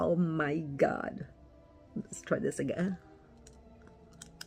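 Someone talks, then begins a second try at pushing a custom removable dental veneer, a thin plastic shell, over their teeth. Only quiet handling sounds follow. Nothing has seated or clicked yet.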